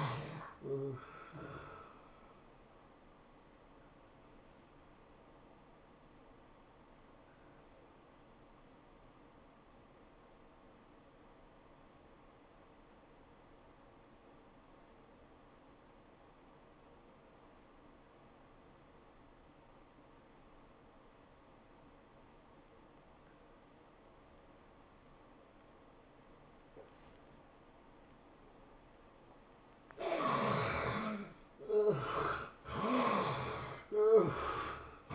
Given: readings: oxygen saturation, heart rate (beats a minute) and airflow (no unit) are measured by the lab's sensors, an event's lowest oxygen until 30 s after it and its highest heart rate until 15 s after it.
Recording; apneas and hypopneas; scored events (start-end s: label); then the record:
breathing in sleep by a voice recorder at the bedside; 1
9.00-29.60 s: obstructive apnea (N1, oxygen 92% highest, then 75% lowest, heart rate 84 at the start, 110 highest)
From the record:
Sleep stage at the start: N1 (lightest sleep); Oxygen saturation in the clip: 70 to 92%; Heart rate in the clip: 76 to 108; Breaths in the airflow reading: 4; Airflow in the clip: -15.8 to 13.5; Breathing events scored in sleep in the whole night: 403 in 5.5 hours asleep